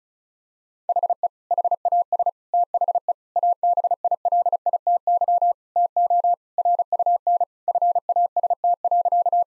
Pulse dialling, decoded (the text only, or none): none